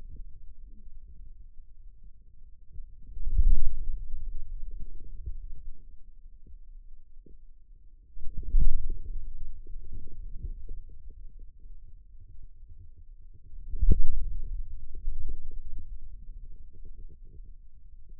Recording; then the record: forearm muscle sounds (acoustic myography)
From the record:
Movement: inward rotation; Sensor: system 2, bracelet of six BSWA MPA416 microphones around the upper forearm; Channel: 2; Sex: male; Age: 22 years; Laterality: right